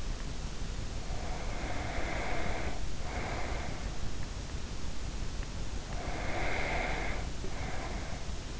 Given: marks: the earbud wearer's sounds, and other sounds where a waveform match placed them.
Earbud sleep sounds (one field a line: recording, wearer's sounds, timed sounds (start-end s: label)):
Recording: sounds in sleep by an in-ear microphone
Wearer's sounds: breath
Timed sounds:
0.75-4.34 s: breath
5.59-8.60 s: breath